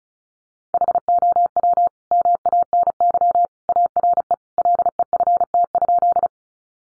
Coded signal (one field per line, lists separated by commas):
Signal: Morse code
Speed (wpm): 34 wpm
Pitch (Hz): 700 Hz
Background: none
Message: HOW MANY ARE LEFT?